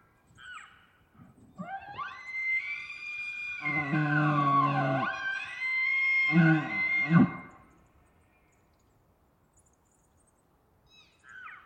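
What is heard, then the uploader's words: A bull elk bugles, a long call that rises into a high, pure whistle around two seconds in and holds for about five seconds, with deep grunting roars underneath near the middle and end. Brief high mews come at the start and finish. It was rutting season in the Colockum Wildlife area. These are raw tracks, down-mixed to stereo (from double-m/s). Elk, mostly bulls bugling, screaming, roaring, whistling, and chirping. Occasional high-pitched mews from the cows can be heard.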